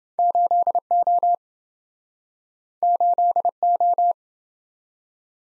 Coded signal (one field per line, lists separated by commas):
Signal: Morse code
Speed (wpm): 29 wpm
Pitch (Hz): 700 Hz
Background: none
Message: 8O 8O